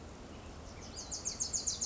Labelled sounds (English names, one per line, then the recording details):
Wilson's Warbler
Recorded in Sonoma County, California